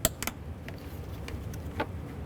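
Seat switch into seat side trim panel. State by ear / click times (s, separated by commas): seated / 0.1 s, 0.2 s, 0.7 s, 1.3 s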